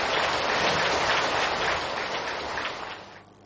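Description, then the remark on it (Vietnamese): A long, steady round of applause from a large crowd at a ceremony, following words from the head of the Vĩnh Long provincial religious affairs board, a dense crackling wash of clapping that holds loud for about three seconds before tapering off at the end. “Đề nghị là tài chính tài cho một tràng pháo tay thật dài lớn nhé.”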